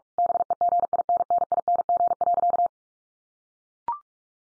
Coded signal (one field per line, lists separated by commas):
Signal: Morse code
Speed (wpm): 46 wpm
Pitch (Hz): 700 Hz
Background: none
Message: BEGINNING.